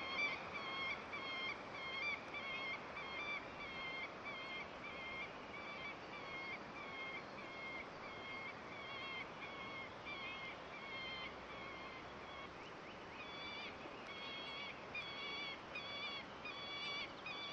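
A peregrine falcon calls over and over in short, sharp, bright notes, repeated at a steady rate through the whole stretch and quickening into a faster run near the end. Steady outdoor hiss fills the background, and the loudness stays even throughout.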